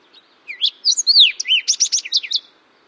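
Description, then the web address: Fox Sparrow singing one lively phrase of clear whistled notes, a downslurred note and a series of rapid buzzy trilled elements, with quiet background. Western North American bird. "Songs of Birds of North America Know Your Bird Sounds Common Western Species. Fox Sparrow"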